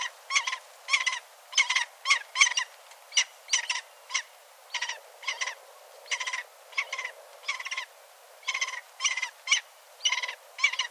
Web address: sound Lanner-falcon. صدای-پرنده-لاچين